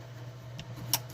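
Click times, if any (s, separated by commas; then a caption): 0.9 s. A magnet key is held to a cabinet door, releasing the plastic child safety latch inside so the door opens. A sharp click is heard at 0.9 s, with fainter ticks near 0.6 s and 1.1 s over a steady low hum. The latch is released.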